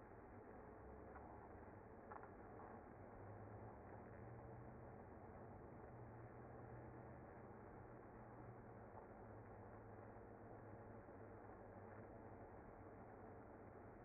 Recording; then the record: honeybee colony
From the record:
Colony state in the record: active